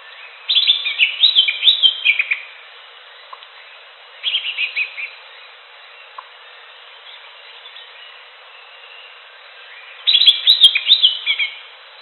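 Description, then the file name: Greater green leafbird song in three separate bursts of fast, twittering, slurred whistles, each lasting up to two seconds, with quiet gaps between them. "audio cucak hijau alam liar"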